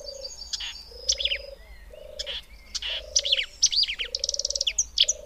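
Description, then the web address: Marsh warbler song of quick chattering phrases, slurred whistles and buzzy trills, with a low steady hum-like tone repeating about once a second underneath. "agykontroll Madardalok Cd 2. Énekes nádiposzáta"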